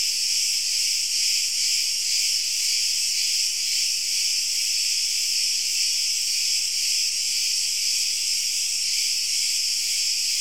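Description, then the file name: Cricket chorus of unbroken, shrill chirping, many insects blending into one steady high buzz that pulses softly throughout. "Grillen"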